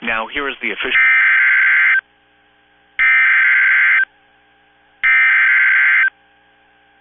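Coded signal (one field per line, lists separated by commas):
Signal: Emergency Alert System (SAME) tones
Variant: header bursts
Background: speech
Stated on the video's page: Severe thunderstorm watch received on NOAA weather radio transmitter in Columbus, Ohio.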